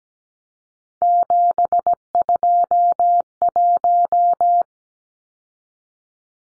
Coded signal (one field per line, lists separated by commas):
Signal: Morse code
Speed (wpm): 17 wpm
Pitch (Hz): 700 Hz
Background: none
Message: 721